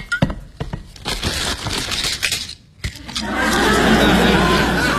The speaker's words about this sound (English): is that a pitcher of water on your desk? Would you mind pouring me a glass?